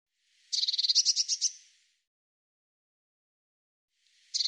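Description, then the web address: Eurasian blue tit with a rapid chattering churr of about a dozen high notes lasting about a second, followed by the start of another burst. "cianscape birddata Deverinetal 2025 File cleaned normalized Bird Cy Ca"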